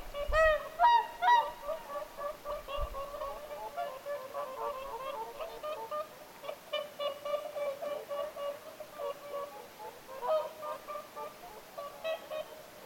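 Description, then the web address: Whooper swans calling as a flock, many overlapping bugling honks with clear harmonics, some loud near the start, others softer and steady throughout. Whooper swans calling at Lintulahti, 6 November 2025. "paivat 6 11 2025 laulujoutsenten aantelya lintulahdella"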